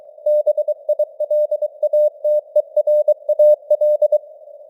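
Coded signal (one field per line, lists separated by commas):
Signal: Morse code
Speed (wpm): 23 wpm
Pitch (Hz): 600 Hz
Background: none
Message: BILATERAL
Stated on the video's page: Simulated Morse news at 23 WPM with artificial radio noise and varying signal strength (QSB).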